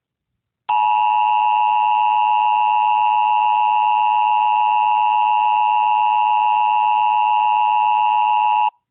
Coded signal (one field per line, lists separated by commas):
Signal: Emergency Alert System (SAME) tones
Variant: 853 and 960 Hz attention tone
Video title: NATIONAL EAS TEST (MOCK)